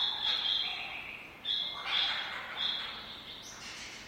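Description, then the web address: Lyrebird squawks, harsh bands of hoarse notes repeated in quick bursts, fading between calls. More than one lyrebird, squawking. "lyrebirds squaking. lyrebirds squeaking"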